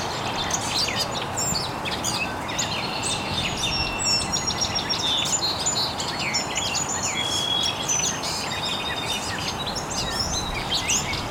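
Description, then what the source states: Birds singing and chirping together, with many short whistles and clear tonal notes above a continuous rushing hiss. Birds chirping very early in the morning in an estuary.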